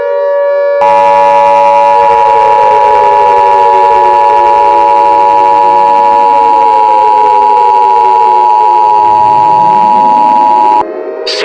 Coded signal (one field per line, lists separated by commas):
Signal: Emergency Alert System (SAME) tones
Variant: 853 and 960 Hz attention tone